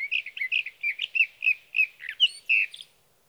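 Sage thrasher pouring out rapid, mixed warbles and slurred chirps in an even stream for about three seconds.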